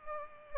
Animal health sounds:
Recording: mosquito wingbeat signal from an infrared sensor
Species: Culex pipiens

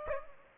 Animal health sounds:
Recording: mosquito wingbeat signal from an infrared sensor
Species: Aedes aegypti

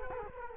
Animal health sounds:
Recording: mosquito wingbeat signal from an infrared sensor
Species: Culex quinquefasciatus

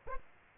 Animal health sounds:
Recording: mosquito wingbeat signal from an infrared sensor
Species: Aedes aegypti

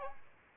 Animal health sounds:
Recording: mosquito wingbeat signal from an infrared sensor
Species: Aedes albopictus

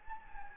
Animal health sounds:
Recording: mosquito wingbeat signal from an infrared sensor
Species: Anopheles gambiae

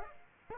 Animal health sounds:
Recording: mosquito wingbeat signal from an infrared sensor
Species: Aedes aegypti

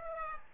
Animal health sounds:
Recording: mosquito wingbeat signal from an infrared sensor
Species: Aedes aegypti

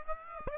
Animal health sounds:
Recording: mosquito wingbeat signal from an infrared sensor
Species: Aedes aegypti

